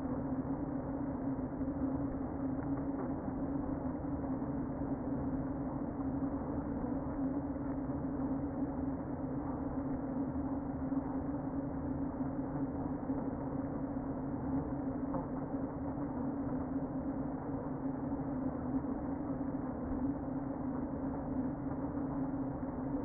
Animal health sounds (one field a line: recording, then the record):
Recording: honeybee colony, microphone inside the hive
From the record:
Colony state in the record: queen present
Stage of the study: before two queens were removed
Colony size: about 60,000 bees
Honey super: yes